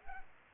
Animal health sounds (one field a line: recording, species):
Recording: mosquito wingbeat signal from an infrared sensor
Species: Culex pipiens